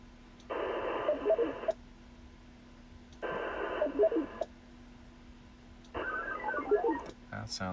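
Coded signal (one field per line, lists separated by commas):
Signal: HF data modem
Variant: VARA HF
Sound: three bursts of wide hissing data, about 1.2 seconds each, with pauses between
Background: low steady hum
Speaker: try one more time we got a little bit of traffic on nearby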